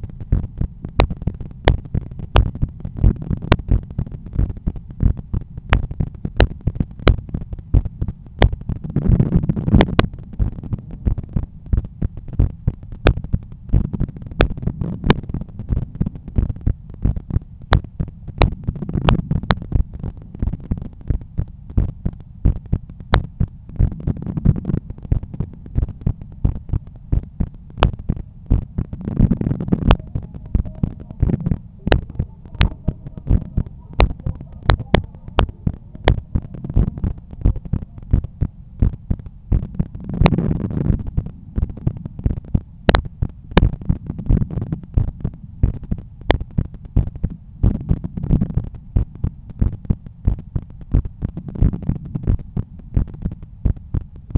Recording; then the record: heart sounds by stethoscope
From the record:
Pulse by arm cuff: 90 bpm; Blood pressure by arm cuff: 124/79 mmHg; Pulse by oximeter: 93 bpm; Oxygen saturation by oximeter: 96%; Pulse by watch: 96 bpm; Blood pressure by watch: 133/88 mmHg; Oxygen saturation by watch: 96%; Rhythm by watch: sinus rhythm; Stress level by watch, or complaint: low stress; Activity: after 10 min smoking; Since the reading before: plus 200 steps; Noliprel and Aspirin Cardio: after pills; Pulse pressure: 45 mmHg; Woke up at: 7:50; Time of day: 16:35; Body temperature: 36 C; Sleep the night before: 7 h 52 min, score 75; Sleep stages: REM 24%, light 55%, deep 12%, awake 9%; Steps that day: 9500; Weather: sunny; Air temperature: 23.3 C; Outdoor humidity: 52%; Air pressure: 1013 hPa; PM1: 4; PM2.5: 7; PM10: 8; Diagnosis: hypertension, treated with Noliprel and Aspirin Cardio 100 mg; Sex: male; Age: 53 years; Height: 174 cm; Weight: 81 kg